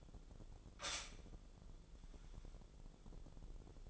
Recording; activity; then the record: daily activity, microphone in the room; stop toaster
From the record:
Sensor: 5